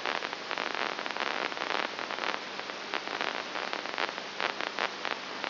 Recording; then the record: brain microelectrode recording played as sound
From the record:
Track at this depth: inside the subthalamic nucleus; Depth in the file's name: 3.301 mm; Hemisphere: right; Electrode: 2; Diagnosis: Parkinson's disease